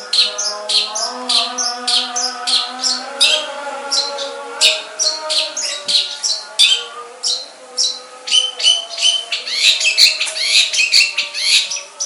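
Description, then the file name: Long-tailed shrike song, rapid harsh chirps and squeaks in quick bursts over a steady low humming drone. Banyuwangi and Madura types of cendet. "Suara Cendet Banyuwangi dan Madura"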